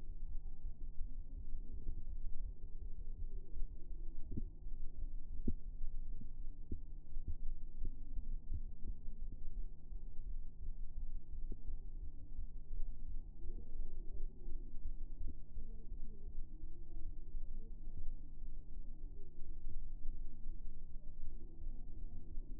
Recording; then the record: fetal heart sounds by stethoscope on the mother's abdomen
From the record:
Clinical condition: low amniotic fluid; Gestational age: 36 weeks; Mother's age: 22 years